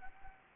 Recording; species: mosquito wingbeat signal from an infrared sensor; Anopheles arabiensis